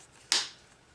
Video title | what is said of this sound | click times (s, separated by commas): PUR STEAM... LOVE MY NEW STEAM MOP... | you hear it click and then | 0.3 s